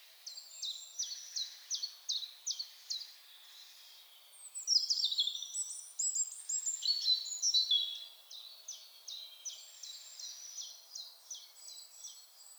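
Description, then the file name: European robin singing a string of repeated high notes, then a louder tumbling warble, and more repeated thin notes afterwards. "Erithacus rubecula"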